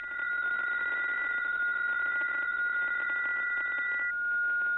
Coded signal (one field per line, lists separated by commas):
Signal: PSK63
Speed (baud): 62.5 baud